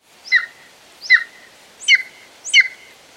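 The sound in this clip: Golden eagle calls: four short, thin chirps, each falling in pitch, given roughly every three quarters of a second over faint background hiss.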